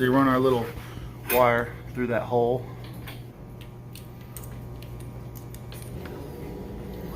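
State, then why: Not seated. Someone talks while threading the water level probe's wire through a hole in the housing of a Manitowoc Indigo ice machine, before the probe is pushed up into its mount. A steady low hum fades out around 3.3 s, followed by a series of faint, brief handling ticks between about 4.0 and 5.5 s. Nothing has seated or clicked yet.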